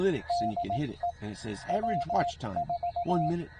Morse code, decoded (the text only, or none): DE W4